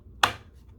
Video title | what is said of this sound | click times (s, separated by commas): Hoover PowerDash Carpet Cleaner - Cheap & Effective - KimTownselYouTube | make sure that when you put the dirty water tank in that you put it in and it clicks | 0.2 s